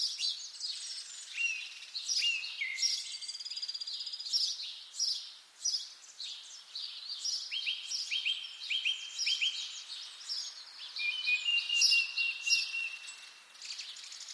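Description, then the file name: Birds singing in a lively chorus: rapid high chirps, buzzy trills and level whistled notes, phrases tumbling over one another without pause. "zvuki peniia ptits"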